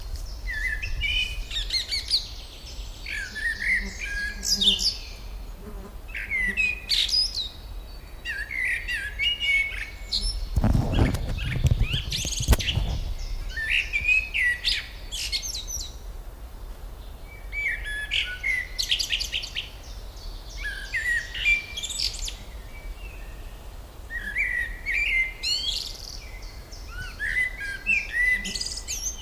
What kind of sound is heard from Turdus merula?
song